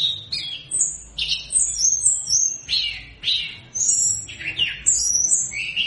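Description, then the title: Flowerpecker song, a busy run of high, thin whistled notes and sharp tick calls, rising and falling quickly with only brief pauses. Mountain-flowerpecker song in full, lively voice, played as a lure sound to draw answers from wild birds. "TLEDEKAN GUNUNG GACOR"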